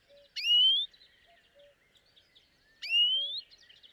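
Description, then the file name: European greenfinch repeating a strong rising wheeze twice, roughly two and a half seconds apart, with quiet bird twitters and low soft notes behind. "Chloris chloris"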